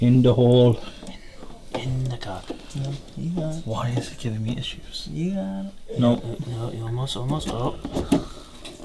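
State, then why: Not seated. Someone talks while pressing a CPU cooler push pin down into a motherboard mounting hole, with the pin giving trouble as they work it. Faint handling taps are heard under the speech, but nothing has seated or clicked yet by the end of the clip.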